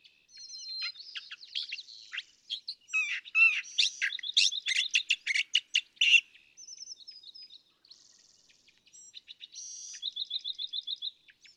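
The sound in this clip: California thrasher pouring out varied phrases of whistled and harsh notes, building loud, then a short fast trill near the end.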